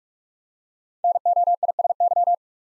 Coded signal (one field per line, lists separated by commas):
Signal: Morse code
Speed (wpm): 44 wpm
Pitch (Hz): 700 Hz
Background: none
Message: NOISY